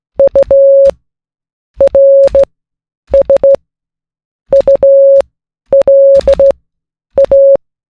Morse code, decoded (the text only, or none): URSULA